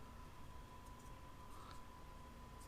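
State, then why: Not seated. A carbon fiber M Performance trim piece is handled at a steering wheel before being pressed in, with only faint handling noise over a steady hum. Nothing has seated or clicked yet.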